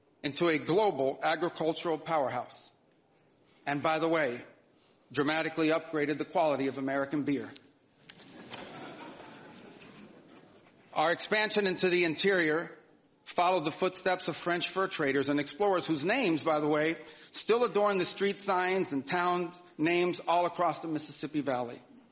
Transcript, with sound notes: into a global agricultural powerhouse – and by the way, dramatically upgraded the quality of American beer. (Laughter.) Our expansion into the interior followed the footsteps of French fur traders and explorers whose names, by the way, still adorn the street signs and towns’ names all across the Mississippi Valley.